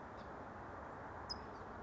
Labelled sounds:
California Towhee
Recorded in Sonoma County, California

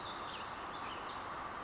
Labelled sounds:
Western Flycatcher
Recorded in Sonoma County, California

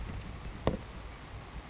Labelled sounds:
Savannah Sparrow
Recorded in Sonoma County, California

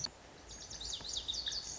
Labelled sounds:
Lazuli Bunting
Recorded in Sonoma County, California

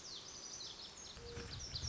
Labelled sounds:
Lazuli Bunting
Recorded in Sonoma County, California

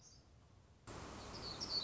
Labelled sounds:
Black-throated Gray Warbler
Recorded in Sonoma County, California

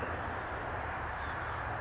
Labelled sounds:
Oak Titmouse
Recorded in Sonoma County, California

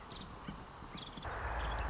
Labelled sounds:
Nuttall's Woodpecker
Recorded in Sonoma County, California

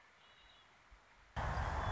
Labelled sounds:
Red-winged Blackbird
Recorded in Sonoma County, California

